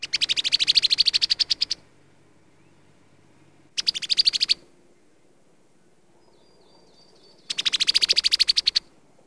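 Brown-headed cowbird giving a rapid rattling chatter in three bursts, long, short, then long, separated by pauses of a few seconds, with a faint high twitter in between.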